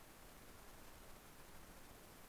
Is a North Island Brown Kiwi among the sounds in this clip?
no